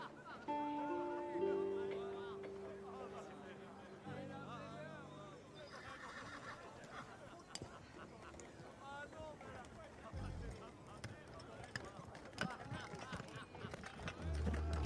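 A quiet medieval town scene with distant music and chatter: sustained instrument notes play through the first four seconds, then steady murmuring voices carry on. Scattered knocks and clops point to a horse cart, with a low thump around ten seconds and another near the end.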